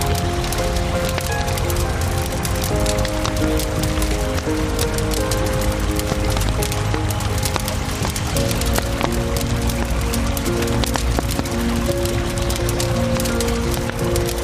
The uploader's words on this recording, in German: Isarauen bei München. Aufnahme von der Isar mit einem gemütlichen Lagerfeuer.